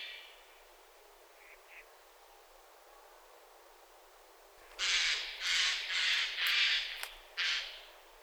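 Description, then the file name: Eurasian jay giving harsh, rasping screeches, a quick run of several noisy bursts followed by one more after a short pause. "Garrulus glandarius"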